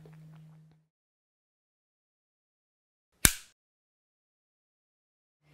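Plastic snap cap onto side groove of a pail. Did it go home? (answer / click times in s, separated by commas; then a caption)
yes / 3.2 s. A plastic snap cap is pressed onto the grooves on the side of a plastic pail, with its deeper-groove end toward the bottom of the pail. After a faint low hum and near silence, one loud, sharp click at 3.3 s shows the cap has snapped into place. A brief low hum returns at the very end.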